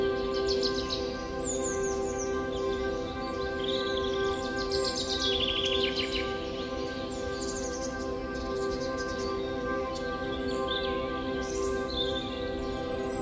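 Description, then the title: Birds chirping throughout: sweeping whistles and quick twitter runs in the first half, sparser high notes later, with a steady tonal drone underneath. Forest birdsong ambience with birds chirping. "Forest Birdsong Nature Sounds Bird Sounds Birds Chirping Ambience"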